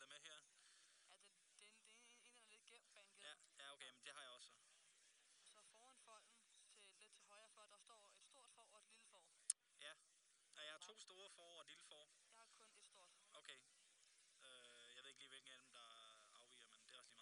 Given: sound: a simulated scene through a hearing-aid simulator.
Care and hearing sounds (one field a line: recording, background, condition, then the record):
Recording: conversation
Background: quiet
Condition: 55 dB SPL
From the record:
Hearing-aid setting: II (fast-acting compression, audibility-based gain, advanced features for about 2.5 dB of SNR improvement)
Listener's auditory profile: A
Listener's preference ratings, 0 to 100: 69, 56, 83